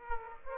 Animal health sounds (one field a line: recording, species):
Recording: mosquito wingbeat signal from an infrared sensor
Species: Aedes aegypti